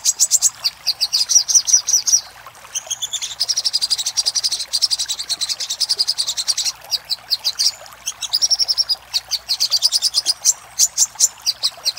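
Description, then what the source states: Little spiderhunter song in extended rapid series of piercing high notes, with a few higher, sharper chips mixed in and short pauses between runs. Master recording of little spiderhunter ('sogok ontong'), labelled Labaik, used for training cage birds.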